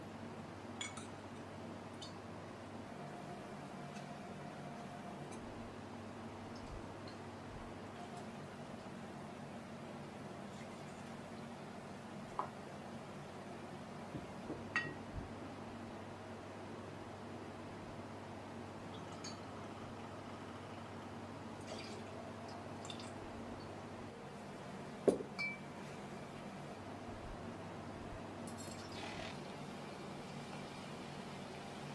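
Bartender sounds over a steady low hum that runs the whole time, its droning tone dropping out briefly a few times. Sparse glassy clinks and small knocks stand out, the sharpest around 12, 15 and 25 seconds, with faint ticks scattered between.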